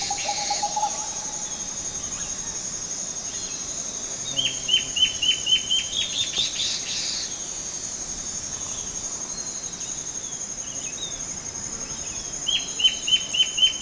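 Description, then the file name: Bird calls, a quick string of short downslurred notes repeated in bursts, over a steady high insect drone with shrill whining bands. "SABIOD 50 bird 2015"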